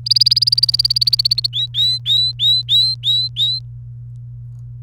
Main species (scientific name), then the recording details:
Serinus canaria. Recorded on 29 April 2018 at 16:42. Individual llb3